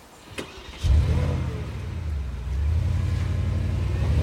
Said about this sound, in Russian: Черный Порше с номером Джо 007 уезжает. Бланш смотрит вслед уезжающей машине.